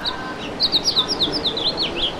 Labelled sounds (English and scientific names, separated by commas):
House Finch (Haemorhous mexicanus) song